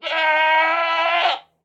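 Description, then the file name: Goat screaming once, a loud harsh sustained bleat lasting about one and a half seconds with rich stacked harmonics, steady in pitch and ending abruptly. "山羊尖叫声"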